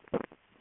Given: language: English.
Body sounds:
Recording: throat vibration sensor signal played as sound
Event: swallow

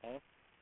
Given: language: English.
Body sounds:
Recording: throat vibration sensor signal played as sound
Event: speech

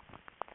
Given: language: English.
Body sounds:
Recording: throat vibration sensor signal played as sound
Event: swallow

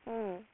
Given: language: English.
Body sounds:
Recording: throat vibration sensor signal played as sound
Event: speech

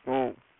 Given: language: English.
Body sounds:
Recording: throat vibration sensor signal played as sound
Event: speech

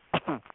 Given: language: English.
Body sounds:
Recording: throat vibration sensor signal played as sound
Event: cough

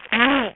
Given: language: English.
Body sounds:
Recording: throat vibration sensor signal played as sound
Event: throat clearing

